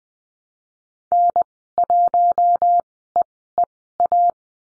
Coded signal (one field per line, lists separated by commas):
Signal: Morse code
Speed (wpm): 20 wpm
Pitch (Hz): 700 Hz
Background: none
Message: N1EEA